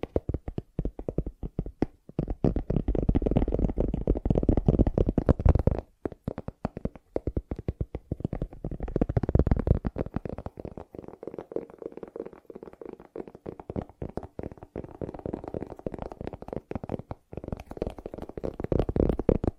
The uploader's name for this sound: ASMR Fast Tapping